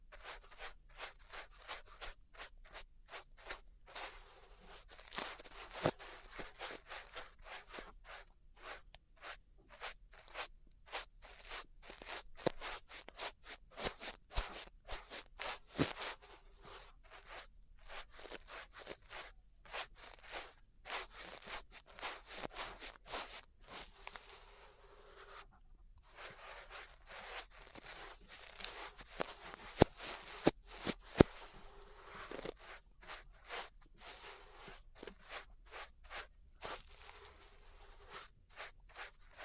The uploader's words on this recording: ASMR Relaxing 3Dio Ear Brushing (No Talking).